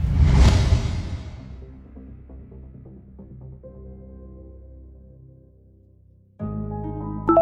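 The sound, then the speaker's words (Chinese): A red dodgeball, hurled hard by Xu Junsheng toward a car-crash wreck, whooshes through the air in a sharp, loud burst, trailing into a low, rumbling hum that slowly fades. A bright musical chord cuts in at the end. No one speaks. “一颗红色的躲避球嗖的一声刺破空气，以令人惊恐的速度砸向那处废墟。”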